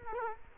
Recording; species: mosquito wingbeat signal from an infrared sensor; Culex quinquefasciatus